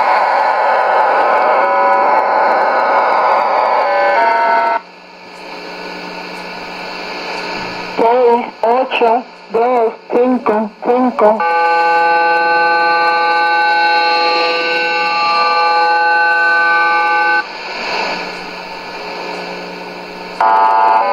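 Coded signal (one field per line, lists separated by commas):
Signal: numbers station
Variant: HM01, Spanish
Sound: broad digital hiss, then about five short spoken Spanish words, then steady data hiss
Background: radio static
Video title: 22 02 2017 Cuban Spy Numbers HM01 in Spanish 0708 on 9330 Bejucal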